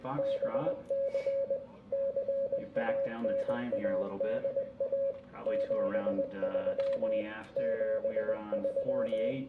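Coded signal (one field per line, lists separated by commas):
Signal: Morse code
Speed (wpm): 20 wpm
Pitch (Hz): 560 Hz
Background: speech, radio noise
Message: BC CANADA 73 73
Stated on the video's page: Sunday night CW on the 40 m band.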